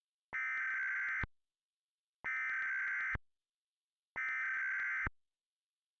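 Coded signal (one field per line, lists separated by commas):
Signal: Emergency Alert System (SAME) tones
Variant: header bursts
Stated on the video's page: Simulated EAS scenario; tones generated with EAS Encoder 2.4 software, rendered in Vegas Pro 17, with TTS voice.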